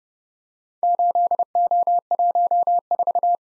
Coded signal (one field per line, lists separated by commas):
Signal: Morse code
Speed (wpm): 30 wpm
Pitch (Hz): 700 Hz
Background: none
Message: 8O14